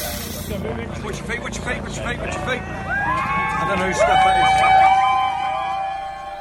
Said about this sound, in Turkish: Evet, bu duyduğunuz elektrikli testere sesi aynı zamanda kendilerini arabaya kilitlemiş olan Extinction Rebellion üyelerinin oradan kaldırılması için polisin gösterdiği çabaların bir şekilde yayına yansımasıydı.